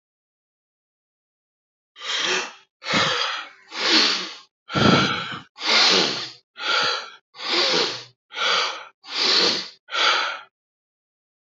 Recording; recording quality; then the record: deep breathing; excellent, no background noise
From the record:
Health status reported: healthy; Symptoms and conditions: diabetes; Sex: male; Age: 36 years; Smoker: not ticked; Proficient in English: yes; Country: India